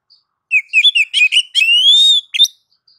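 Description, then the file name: Oriental magpie-robin uttering several quick chirped notes followed by a long, slowly rising clear whistle and two final sharp chips. Female calling to the male. "Kacer betina memanggil jantan"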